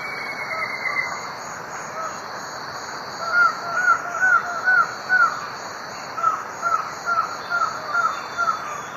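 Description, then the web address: White-shouldered antshrike song: a series of five short notes, a pause, then another series at a steady pace, over a constant high insect hum. South America, eastern lowlands. "Natures Songs S America Eastern Lowlands. White-shouldered Antshrike"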